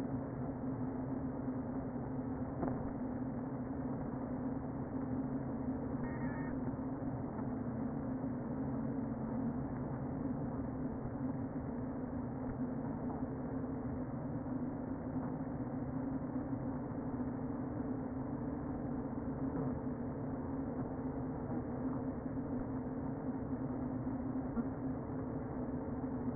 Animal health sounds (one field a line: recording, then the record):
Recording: honeybee colony, microphone inside the hive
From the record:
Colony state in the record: queen present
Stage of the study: before two queens were removed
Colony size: about 60,000 bees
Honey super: yes